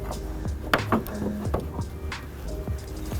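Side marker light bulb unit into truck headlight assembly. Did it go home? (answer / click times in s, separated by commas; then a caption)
yes / 0.7 s. A side marker light bulb unit is put back into a truck headlight assembly and turned clockwise to lock it in place, with music playing in the background. A sharp click at 0.7 s marks the unit seating and locking into the headlight.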